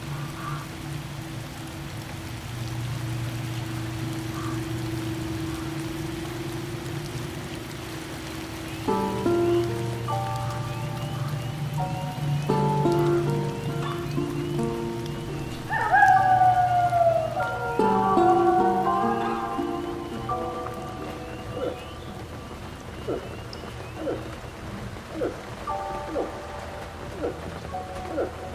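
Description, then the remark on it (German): Steady rain patters on a surface in a continuous, even hiss that runs the whole time, with people talking intermittently over it from about a third of the way in. “Es regnet, Lilly. Guck mal, es regnet. Jetzt regnet es.”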